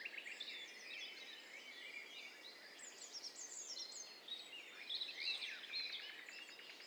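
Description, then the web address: Birds singing in a dense chorus, many overlapping high chirps, trills and whistles layered together without pause, with a faint steady background hiss. Many birds singing at the same time, in stereo. "Hi Fi STEREO BIRD COCKTAIL PARTY Challenge"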